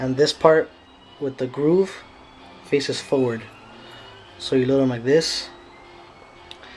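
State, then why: Seated. Someone talks while lead pellets are pressed one by one, grooved end facing forward, into the rotary pellet clip of a Crosman M4-177 airgun. A short sharp click at 6.5 s marks a pellet snapping into place in the clip, and it is seated.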